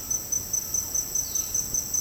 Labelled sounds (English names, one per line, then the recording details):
White-throated Toucan
Violaceous Jay
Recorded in secondary vegetation near Puerto Asís, Putumayo, Colombia, on 18 February 2024 at 09:00
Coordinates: 0.489, -76.322
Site G6419